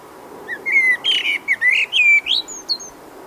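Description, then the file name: Eurasian blackbird song of smooth, rising and falling whistles, followed by a few faint, thin high notes. "Turdus merula"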